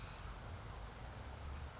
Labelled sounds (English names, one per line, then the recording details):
California Towhee
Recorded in Sonoma County, California